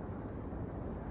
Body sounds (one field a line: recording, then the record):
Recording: background sound without coughing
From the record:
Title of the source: Train Ride Ambience ambient white noise for sleeping, focus, studying, reading